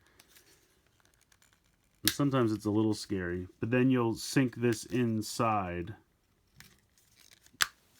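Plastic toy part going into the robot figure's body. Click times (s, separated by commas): 7.6 s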